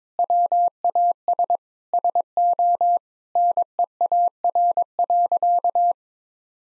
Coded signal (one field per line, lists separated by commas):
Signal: Morse code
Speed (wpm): 22 wpm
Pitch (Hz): 700 Hz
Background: none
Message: WAS SO NEAR.